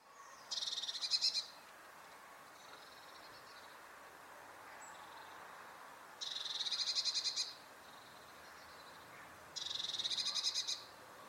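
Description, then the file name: Eurasian blue tit calls in buzzy, scolding bursts about a second long, high-pitched with rapid pulses, repeated three times with quieter chatter between. "Cyanistes caeruleus"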